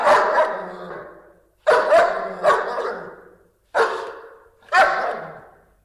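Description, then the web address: Dog barking with coarse, throaty barks, several in all, mostly in pairs separated by brief silences. Large dogs barking. "animals dogs large dogs barking"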